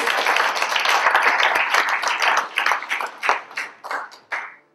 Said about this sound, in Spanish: Denle un aplauso al Señor porque no quiero dormir.